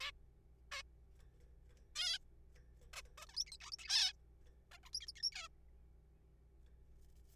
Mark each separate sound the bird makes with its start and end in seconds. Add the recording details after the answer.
0.01-0.11, 0.72-0.82, 1.96-2.18, 2.93-3.02, 3.18-3.26, 3.27-3.28, 3.29-3.44, 3.47-3.51, 3.52-3.57, 3.61-3.71, 3.72-3.76, 3.79-4.12, 4.72-4.78, 4.83-4.90, 4.93-5.06, 5.08-5.12, 5.16-5.22, 5.23-5.31, 5.32-5.48. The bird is a juvenile. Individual R3428